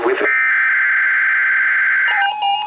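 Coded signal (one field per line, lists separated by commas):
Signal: Emergency Alert System (SAME) tones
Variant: header bursts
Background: speech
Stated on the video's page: Required weekly test received from NOAA Weather Radio station in Milwaukee, WI.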